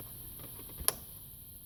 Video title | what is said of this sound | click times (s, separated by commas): Jeep patriot 2.4 spark plug change | There's the click. | 0.9 s